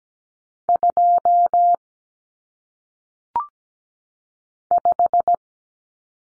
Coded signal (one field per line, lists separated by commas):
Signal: Morse code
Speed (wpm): 17 wpm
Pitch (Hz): 700 Hz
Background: none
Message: 2 5